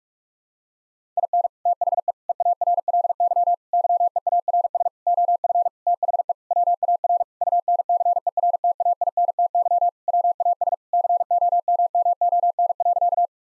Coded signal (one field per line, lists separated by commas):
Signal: Morse code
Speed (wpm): 42 wpm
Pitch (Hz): 700 Hz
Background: none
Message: IN THE EARLY YEARS OF THE WAR UNCERTAINTY WAS COMMON.